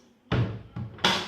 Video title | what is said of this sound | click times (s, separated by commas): How to use an Automatic Washing Machine for Beginners Video | sure you hear that clip to be sure that your machine is properly closed now | 1.1 s